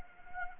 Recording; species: mosquito wingbeat signal from an infrared sensor; Anopheles arabiensis